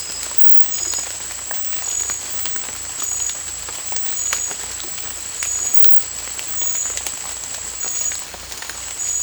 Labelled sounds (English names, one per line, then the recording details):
none
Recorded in secondary vegetation near Puerto Asís, Putumayo, Colombia, on 18 December 2024 at 00:30
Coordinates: 0.499, -76.323
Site G010